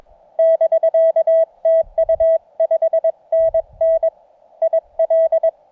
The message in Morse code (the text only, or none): <BK> TU 5NN IL